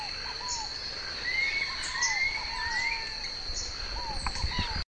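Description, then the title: Planalto Tyrannulet: a few thin whistled notes over a constant buzzing insect chorus. "LuckyPassaro Completos2Sama. Planalto Tyrannulet (Phyllomyias fasciatus)"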